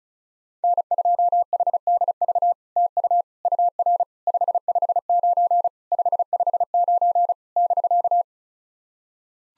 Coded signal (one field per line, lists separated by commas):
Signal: Morse code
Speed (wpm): 36 wpm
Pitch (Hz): 700 Hz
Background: none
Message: N2HDV TU UR 559 559 <BK>